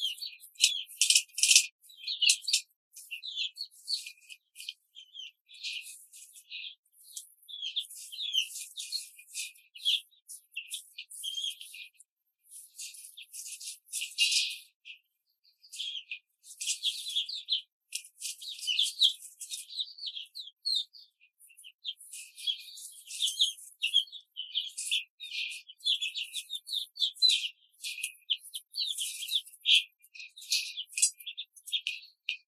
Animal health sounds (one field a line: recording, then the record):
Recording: young laying hens in a cage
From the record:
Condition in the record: control cage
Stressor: none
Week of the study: 5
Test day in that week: 1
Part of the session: 3